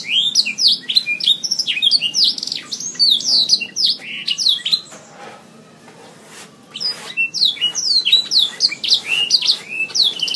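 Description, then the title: Oriental magpie-robin singing rapid strings of bright, swooping whistled notes, a short lull midway, then the varied chirping resumes. Chirping song, from a recording over an hour long. "Kicau Kacer Durasi Panjang 1jam Lebih"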